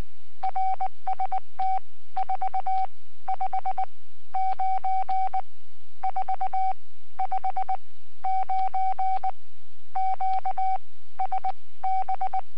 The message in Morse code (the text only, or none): RST 459 459 QSB